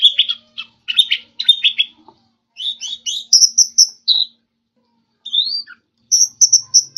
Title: Anis Merah